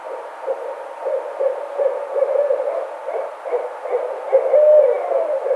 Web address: Barred Owl 2009 05 04 Barred Owl